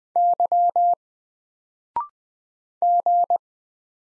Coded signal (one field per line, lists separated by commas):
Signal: Morse code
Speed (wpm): 20 wpm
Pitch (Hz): 700 Hz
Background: none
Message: Y G